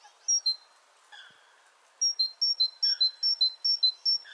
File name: Parus major